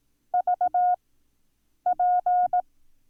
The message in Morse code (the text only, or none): VP